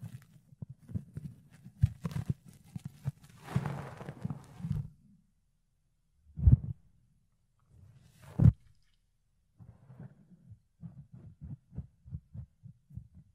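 Fluffy ear cleaning makes soft, muffled thumps and scratchy rustles in bursts, with pauses, two louder brushes near 6 and 8 seconds, then rapid pulses.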